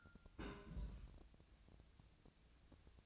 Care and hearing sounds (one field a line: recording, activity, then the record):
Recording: daily activity, microphone in the room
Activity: place on stove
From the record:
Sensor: 2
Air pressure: 999.8 hPa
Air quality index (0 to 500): 124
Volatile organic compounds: 2 ppm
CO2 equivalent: 1069 ppm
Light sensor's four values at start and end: 34/83/36/41 and 34/84/37/41